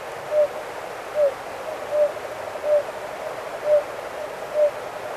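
Oriental fire-bellied toad calling with a soft, hollow single note repeated about every second, six notes over a steady background hiss.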